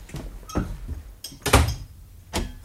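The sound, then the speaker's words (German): A house door is opened with a series of wooden knocks and thumps, one heavy low bang in the middle and a final clunk, as a father enters. “Er kommt rein.”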